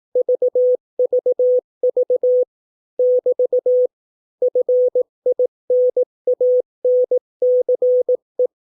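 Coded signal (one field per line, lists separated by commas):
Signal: Morse code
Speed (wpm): 18 wpm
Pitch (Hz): 500 Hz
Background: none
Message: VVV <BT> FINANCE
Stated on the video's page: Morse code practice of 200 English words at 18 wpm for copying by ear.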